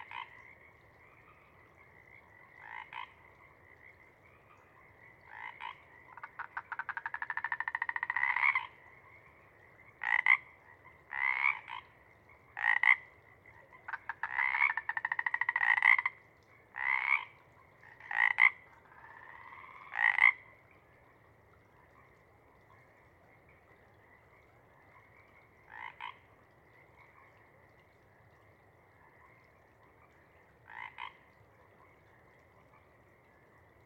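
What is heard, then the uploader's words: Chorus frogs call in short, rasping trills, clustered in a dense burst from about five to twenty seconds, several voices overlapping loudly. Afterward the calling thins to a few isolated trills, while a faint, steady hum of frogs continues underneath. Chorus Frogs, Chorus Waxes and Wanes, pre-morning-twilight. The full chorus breaks first into successive waves that circle the pond and later into long-but-staccato sections that show signs of tapering away. Pseudacris regilla (Pacific Chorus Frog).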